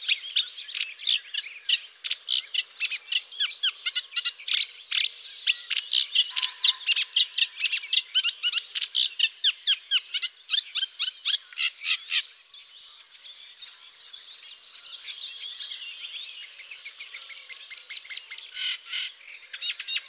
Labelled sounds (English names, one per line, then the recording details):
Eurasian Reed Warbler song
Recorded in the wild
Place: Flögelner See, Schleswig-Holstein, DE
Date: 2004-05-08
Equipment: MiniDisc Sharp MT 20 H, Telinga DAT, Telinga-Parabolspiegel
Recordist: Schwarz, Dieter